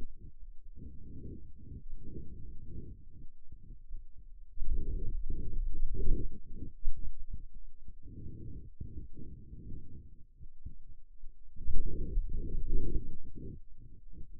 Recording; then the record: forearm muscle sounds (acoustic myography)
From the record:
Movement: finger pinch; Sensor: system 2, bracelet of six BSWA MPA416 microphones around the upper forearm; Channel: 6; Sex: male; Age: 22 years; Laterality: right